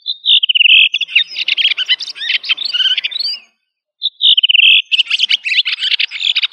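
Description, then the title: Thrush song: a clear whistled phrase slurring downward, then a rapid jumble of varied high chirps and trills; after a brief silence the phrase repeats the same way. "Familia Turdidae - Sabia"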